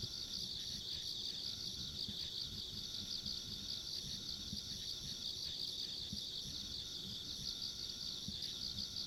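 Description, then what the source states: Shrill insect chorus with a constant, rapidly beating trill and a thin higher tone, plus soft low knocking noises in the background. Ambient insect sounds along a country road.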